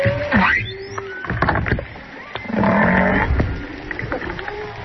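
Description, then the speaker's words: Humpback whale song units: a quick sweeping upward cry, then noisy grunts and a short harmonic moan. Humpback whale song off Maui, recorded on a hydrophone dangling in the sea. "Yeah, we have some humpback whale sounds, sing songs from Maui."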